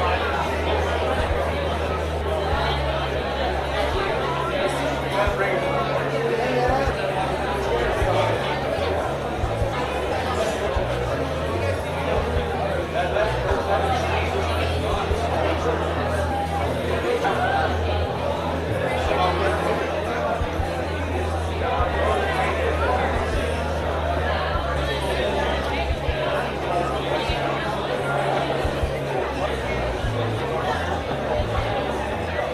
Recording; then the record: background sound without coughing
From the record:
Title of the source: CITY SOUNDS Busy Bar in the Evening Night - 2 HOURS of Ambiance for Relaxation